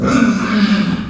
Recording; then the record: squeal of a Yucatan mini pig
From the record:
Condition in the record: after surgery on the right vocal fold (resection and tissue-engineered implant); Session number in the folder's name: 12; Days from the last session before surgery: 105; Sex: female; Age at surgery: 19 weeks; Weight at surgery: 25 kg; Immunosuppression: prednisolone